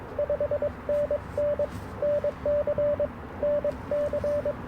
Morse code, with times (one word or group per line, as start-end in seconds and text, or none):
0.2-1.6 5NN
2.0-3.1 NC
3.4-4.5 NC